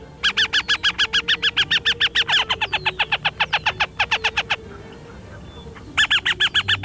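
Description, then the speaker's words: Northern Harrier giving a long, fast series of sharp, nasal kek notes that pauses briefly and then resumes with another short burst. Alarm call. "And the Northern Harrier sounds like this. First the alarm call, and then the ee-ah sound of a female in breeding season."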